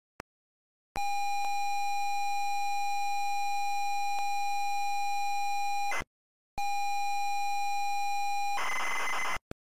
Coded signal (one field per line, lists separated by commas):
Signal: ZX Spectrum tape loading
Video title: Harrier Attack - ZX Spectrum